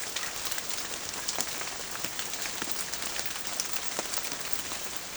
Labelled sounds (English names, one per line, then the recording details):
none
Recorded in pastures near Puerto Asís, Putumayo, Colombia, on 21 March 2025 at 15:30
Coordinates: 0.505, -76.324
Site GP08